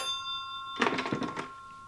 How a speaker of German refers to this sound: An diesem Tag läutete in einem Londoner Polizeirevier das Telefon. Der Wachhabende nahm den Hörer ab.